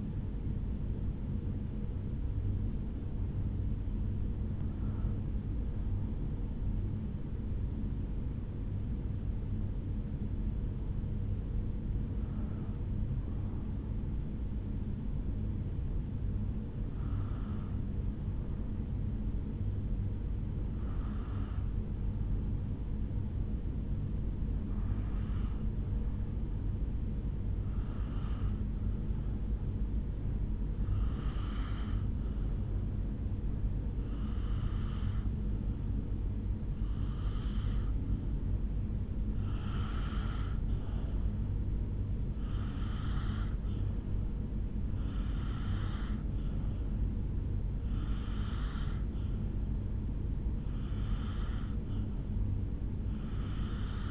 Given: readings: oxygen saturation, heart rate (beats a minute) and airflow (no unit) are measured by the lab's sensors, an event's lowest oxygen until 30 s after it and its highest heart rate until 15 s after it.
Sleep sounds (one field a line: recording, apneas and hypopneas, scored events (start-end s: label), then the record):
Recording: breathing in sleep by a smartphone at the bedside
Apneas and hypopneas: 1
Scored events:
0.00-19.00 s: awake
14.00-54.10 s: new sleep stage, N1 (lightest sleep)
21.00-44.80 s: hypopnea (N1, oxygen 97% highest, then 89% lowest, heart rate 71 at the start, 75 highest)
From the record:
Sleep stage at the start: awake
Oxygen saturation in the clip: 88 to 97%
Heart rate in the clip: 69 to 83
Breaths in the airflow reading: 14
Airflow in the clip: -5.6 to 6.9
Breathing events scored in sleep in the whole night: 449 in 7.0 hours asleep